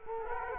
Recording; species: mosquito wingbeat signal from an infrared sensor; Culex quinquefasciatus